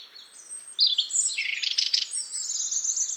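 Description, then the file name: European robin song, a dense run of high twittering and trilled notes with thin sustained whistles, continuous for about three seconds. "Erithacus rubecula"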